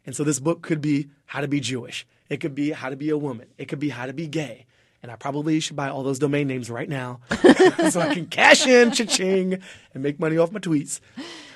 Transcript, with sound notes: And so this book could be "How to Be Jewish." It could be "How to Be a Woman." It could be "How to Be Gay."
And I probably should buy all those domain names right now.
(SOUNDBITE OF LAUGHTER)
So I can cash in - cha-ching - and make money off my tweets.